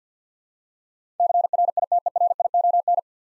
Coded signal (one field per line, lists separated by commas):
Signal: Morse code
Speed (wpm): 50 wpm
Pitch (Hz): 700 Hz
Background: none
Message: CRITERION